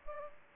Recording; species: mosquito wingbeat signal from an infrared sensor; Aedes aegypti